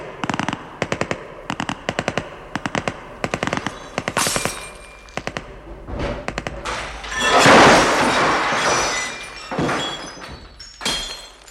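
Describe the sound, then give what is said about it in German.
Rapid bursts of gunfire in a shootout between gang members and police surrounding a villa: sharp repeated shots crackle in quick succession from multiple weapons, followed by a louder roaring blast and a few scattered final shots. “Es kam, wie Sie soeben gehört haben, zu einem heftigen Schusswechsel.”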